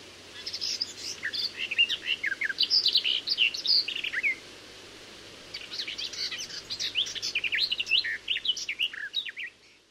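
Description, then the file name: Garden warbler song in two extended, bubbling phrases of fast, varied notes, each lasting several seconds with a short gap between; soft background hum. "Fauvette des jardins"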